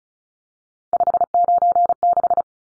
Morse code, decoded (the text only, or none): 596